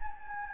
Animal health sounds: mosquito wingbeat signal from an infrared sensor; Anopheles gambiae

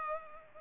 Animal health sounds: mosquito wingbeat signal from an infrared sensor; Culex pipiens

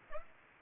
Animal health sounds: mosquito wingbeat signal from an infrared sensor; Aedes aegypti

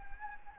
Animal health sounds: mosquito wingbeat signal from an infrared sensor; Anopheles gambiae

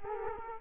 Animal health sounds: mosquito wingbeat signal from an infrared sensor; Culex quinquefasciatus

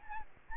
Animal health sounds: mosquito wingbeat signal from an infrared sensor; Aedes albopictus

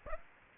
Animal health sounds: mosquito wingbeat signal from an infrared sensor; Aedes aegypti

